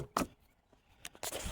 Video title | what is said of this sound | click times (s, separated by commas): MTD push mower Carburetor replacement | and it'll snap right into place. | 0.2 s